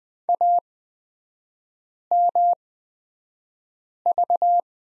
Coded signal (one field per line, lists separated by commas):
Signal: Morse code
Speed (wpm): 20 wpm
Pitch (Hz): 700 Hz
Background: none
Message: AMV